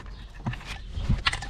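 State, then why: Seated. A plastic electrical wiring connector is pushed onto an ignition coil pack on a MK6 Jetta GLI during a spark plug replacement. Soft handling thumps and rustles lead up to a sharp little click at 1.3 s. The connector is latched and seated on the coil pack.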